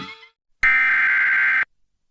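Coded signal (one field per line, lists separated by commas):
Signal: Emergency Alert System (SAME) tones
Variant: header bursts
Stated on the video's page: EAS alarm heard during a television broadcast.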